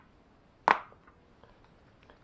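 A plastic headphone driver sits in the plastic earcup of an HD25 headphone, held by its outer edge, while the centre of the driver is pressed firmly. At 0.7 s there is one sharp, loud click, and the driver comes loose from the earcup, lifting a small edge that a butter knife can slide under. Only a few faint ticks follow.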